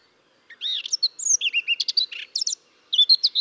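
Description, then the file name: Eurasian blackcap song: a short burst of jumbled chattering and whistled notes, pausing briefly before a final quick flourish. "Sylvia atricapilla"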